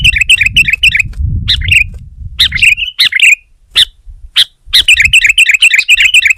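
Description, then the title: Sooty-headed bulbul giving lively strings of squeaky, warbling chirps, broken by a few isolated sharp notes, with low rumbling noise early on. "kutilang"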